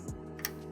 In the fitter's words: That one was a really solid click.